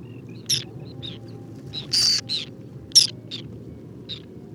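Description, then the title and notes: Whiskered tern contact calls, brief raspy high notes at irregular intervals, one longer grating call in the middle, low hum behind. Wintering flock of over two to three hundred birds picking insects from the water surface on a shallow lake with water lilies and lotus, Cambodia, 13 December 2018, 16:30; characteristic electric contact calls. "Observation sonore - Guifettes en hivernage - Cambodge. 13 décembre 2018-16h30. lac peu profond couvert de nénuphars et de lotus. Guifettes moustac (Chlidonias hybridus). Cris électriques de contact très caractéristiques"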